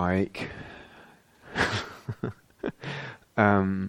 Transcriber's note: laughs